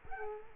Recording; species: mosquito wingbeat signal from an infrared sensor; Culex quinquefasciatus